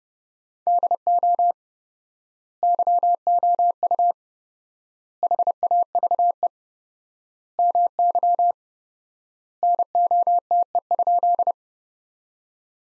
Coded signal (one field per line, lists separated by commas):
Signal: Morse code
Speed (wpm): 32 wpm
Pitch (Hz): 700 Hz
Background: none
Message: DO YOU HAVE MY NOTE?